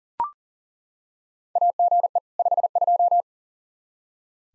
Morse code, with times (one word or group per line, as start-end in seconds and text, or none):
1.6-2.2 AGE
2.4-3.2 52